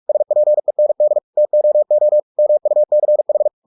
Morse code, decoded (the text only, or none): SPEND TOO MUCH